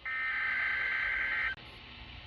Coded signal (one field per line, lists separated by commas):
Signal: Emergency Alert System (SAME) tones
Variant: header bursts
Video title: (EAS 338) KJY86 Tornado Watch